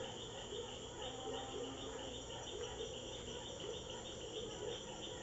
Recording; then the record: honeybee defence experiment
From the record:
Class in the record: control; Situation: empty test tube, no live specimens